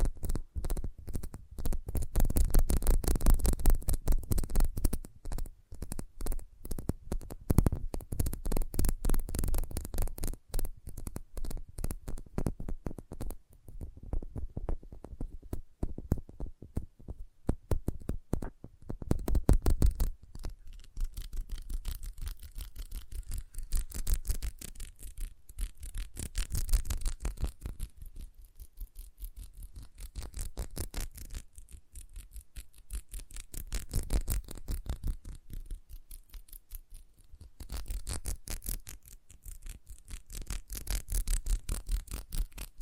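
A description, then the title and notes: Sensitive tapping in quick, dense runs of small clicks and taps, heaviest and loudest in the first twenty seconds. After that the tapping comes in looser bursts separated by brief quieter gaps, with a soft brushing, scratchy texture under the taps throughout. Sensitive Tapping.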